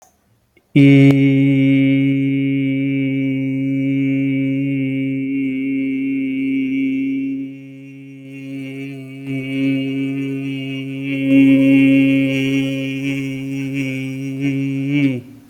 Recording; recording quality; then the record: sustained vowel as in beet; excellent, no background noise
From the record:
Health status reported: healthy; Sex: male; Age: 31 years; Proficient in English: yes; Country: India